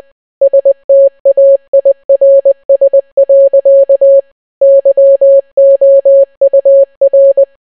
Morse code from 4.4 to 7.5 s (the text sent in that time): YOUR